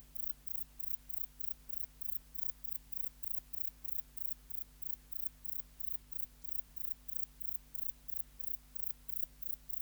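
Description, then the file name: Grey bush-cricket song: a steady series of short, high, hissing chirps repeated about three times per second, over a constant low hum. "Platycleis albopunctata"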